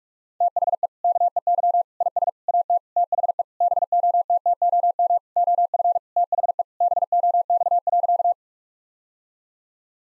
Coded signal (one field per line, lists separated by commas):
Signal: Morse code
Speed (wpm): 46 wpm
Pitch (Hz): 700 Hz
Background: none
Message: THE KEY IS AT THE BOTTOM OF THE BOX.